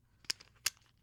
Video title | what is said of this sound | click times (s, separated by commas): ElleBelle uses Daiso accessories for her Switch...and if they're compatible with Switch 2 | and then it clicks out and clicks back in. | 0.3 s, 0.7 s